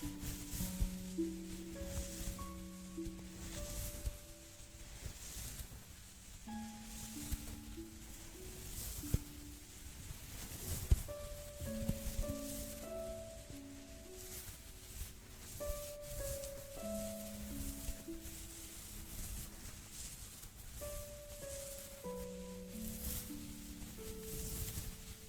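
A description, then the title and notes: Soft rubbing and brushing sounds from a spa face and scalp massage play over slow, gentle background music of long held low notes that shift every few seconds. Occasional light taps and clicks stand out, quiet, with a faint hiss throughout. Aromatherapy Oil Spa Roleplay (Face & Scalp Massage).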